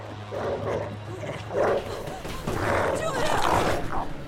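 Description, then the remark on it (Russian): A dog with bared teeth barks and snarls in several rough, loud bursts while chasing a woman out through a door, the last stretch longer and more frantic, over a low steady hum. “Она выбегает в дверь, пес гонится за ней.”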